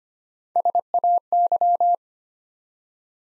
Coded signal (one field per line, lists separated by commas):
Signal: Morse code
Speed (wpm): 25 wpm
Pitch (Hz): 700 Hz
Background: none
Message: SAY